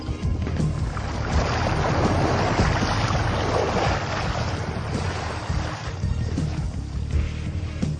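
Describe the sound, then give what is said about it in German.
A winch slowly hauls a submarine up from the sea onto a ship after a manual grab arm has seized it: a steady low mechanical drone churns beneath loud, continuous wind and rushing water for the whole stretch, with no voices. “Doch schließlich konnte der manuelle Greifarm der Deep Quest es fassen und die Seilwinde zog das U-Boot langsam nach oben.”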